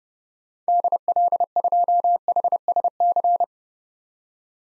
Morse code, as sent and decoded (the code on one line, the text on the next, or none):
-.. .-.. ..--- .... ... -.-.
DL2HSC